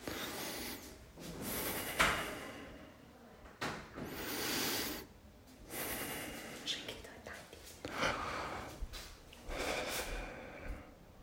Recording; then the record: deep breathing after running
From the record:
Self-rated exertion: light exertion (2 of 6); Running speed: 7 miles an hour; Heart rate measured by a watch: 95 beats a minute at the start, 88 at the end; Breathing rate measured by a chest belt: 15 breaths a minute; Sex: male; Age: 24 years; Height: 185 cm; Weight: 79 kg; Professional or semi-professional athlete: no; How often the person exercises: 1 to 2 times a week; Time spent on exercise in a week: 2 to 3 hours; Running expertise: no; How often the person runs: 1 to 2 times a week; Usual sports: running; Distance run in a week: 20 km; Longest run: 10 km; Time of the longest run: 50 minutes